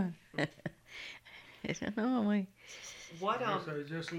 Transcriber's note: laughs